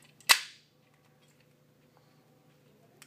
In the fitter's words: So basically you wiggle it till it snaps in place.